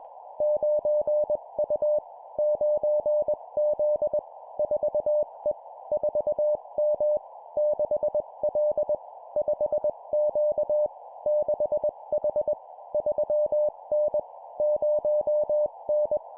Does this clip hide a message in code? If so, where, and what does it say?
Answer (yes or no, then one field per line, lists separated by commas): yes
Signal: Morse code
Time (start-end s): 0.4-16.2 s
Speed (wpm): 21 wpm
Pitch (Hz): 600 Hz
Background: none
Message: 9U 9Z 4E 4M 6L 5Q 6H 3N 0N